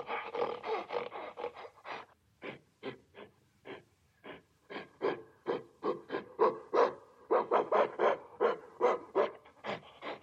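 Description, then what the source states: Gorilla uttering rapid hoarse pants, slowing in the middle and then speeding into a steady, loud pulsed run. Enraged gorilla at a zoo.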